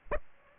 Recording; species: mosquito wingbeat signal from an infrared sensor; Aedes aegypti